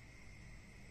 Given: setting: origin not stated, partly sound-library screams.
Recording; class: one-second piece from a danger detection set; normal situation